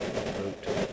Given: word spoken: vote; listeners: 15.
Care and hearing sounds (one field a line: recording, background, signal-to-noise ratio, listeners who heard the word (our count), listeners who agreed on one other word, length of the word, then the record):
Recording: one English word in noise, from a listening test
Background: noise modulated by three-talker babble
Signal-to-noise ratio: -4.4 dB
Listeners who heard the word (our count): 2 of 15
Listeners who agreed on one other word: 7 of 15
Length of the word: 0.53 s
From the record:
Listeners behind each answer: 7, 2, 2, 1, 1, 1, 1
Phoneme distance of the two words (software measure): 10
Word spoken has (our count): 1 syllable, 3 phonemes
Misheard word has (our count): 1 syllable, 3 phonemes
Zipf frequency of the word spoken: 5.16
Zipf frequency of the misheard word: 4.89